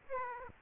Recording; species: mosquito wingbeat signal from an infrared sensor; Aedes aegypti